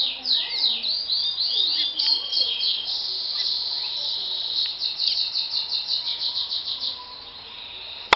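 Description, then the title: Double-collared seedeater song, a fast continuous run of high chirped and slurred notes, fading near the end. "Canto Coleiro"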